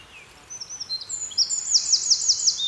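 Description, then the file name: Eurasian wren giving a short burst of high, sharp notes that build into a rapid trill, over a light background hiss. "Troglodytes troglodytes"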